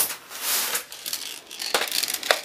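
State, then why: Seated. A plastic magazine is pushed into a toy P.1093 AK47-style BB rifle, with scraping and rustling handling sounds as it is lined up. It seats at 2.3 s with a dull thud rather than a satisfying click, and the gun is then loaded.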